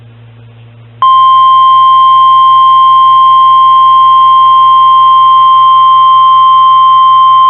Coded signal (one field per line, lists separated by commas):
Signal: Emergency Alert System (SAME) tones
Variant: 1050 Hz attention tone